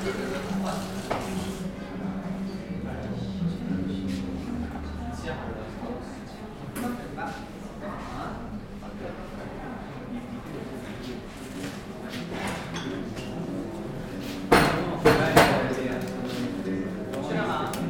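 A café ambience with a steady low murmur of voices throughout, mixed with occasional clinks and small knocks. Near the end, around fourteen to sixteen seconds, a few sharper, louder clatters stand out, like cups or dishes being set down.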